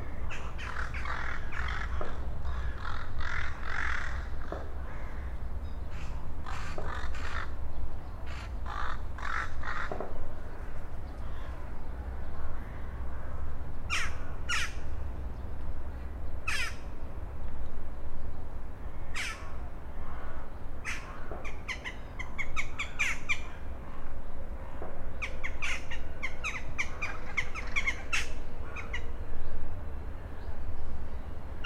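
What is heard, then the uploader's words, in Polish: Rooks over the Oder call again and again in harsh, scratchy caws, several birds overlapping with no long pause across the whole stretch. The calls bunch up around the middle and again near the end. Beneath them runs a steady low rumble. Gawrony nad Odrą. Lokalizacja: Psie Pole. Nagrane w Poblizu Kanału Miejskiego - na przeciw starego elewatora zbożowego. Rekorder, mikrofon: sony pcm d50, mic rode nt4, FEL BMA preamplifier Autor nagrania: Bartosz Grzyb.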